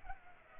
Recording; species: mosquito wingbeat signal from an infrared sensor; Culex pipiens